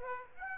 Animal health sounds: mosquito wingbeat signal from an infrared sensor; Aedes aegypti

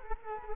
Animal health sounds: mosquito wingbeat signal from an infrared sensor; Culex quinquefasciatus

